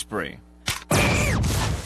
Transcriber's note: gun blast